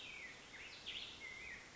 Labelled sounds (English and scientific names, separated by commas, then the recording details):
Black-headed Grosbeak (Pheucticus melanocephalus)
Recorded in Sonoma County, California